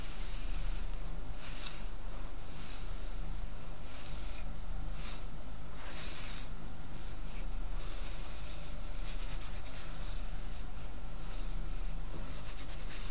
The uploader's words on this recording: ASMR Relaxing Hair Play & Brushing.